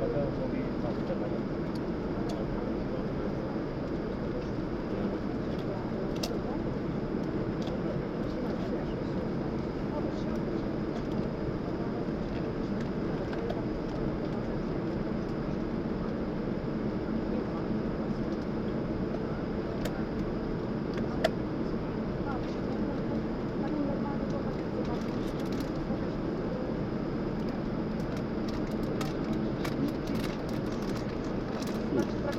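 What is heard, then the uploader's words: An airplane idles while waiting for departure, a steady low engine drone filling the cabin, with faint clicks and brief rustles scattered throughout. Airplane waiting for departure. Waiting to leave San Antonio.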